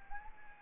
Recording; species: mosquito wingbeat signal from an infrared sensor; Anopheles arabiensis